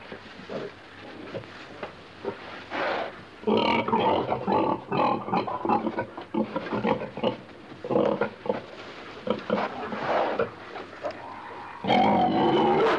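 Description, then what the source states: Pig grunting, soft snorts at first, then a busy stretch of rapid, raspy grunts, ending on a louder, higher squeal-like burst. Pig grunting in a pen.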